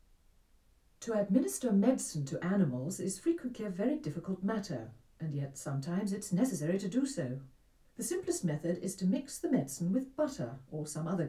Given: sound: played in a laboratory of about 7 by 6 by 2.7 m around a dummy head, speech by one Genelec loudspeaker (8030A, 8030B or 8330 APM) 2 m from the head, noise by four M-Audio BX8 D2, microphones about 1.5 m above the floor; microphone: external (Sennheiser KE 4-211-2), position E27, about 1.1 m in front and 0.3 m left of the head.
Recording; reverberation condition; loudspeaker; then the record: female speech in English; low; behind (180 degrees)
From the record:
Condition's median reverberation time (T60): about 310 ms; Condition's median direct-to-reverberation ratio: about 3.5 dB